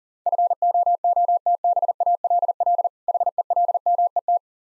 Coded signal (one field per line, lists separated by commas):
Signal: Morse code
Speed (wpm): 40 wpm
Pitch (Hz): 700 Hz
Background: none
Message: FOOTBALL HELMET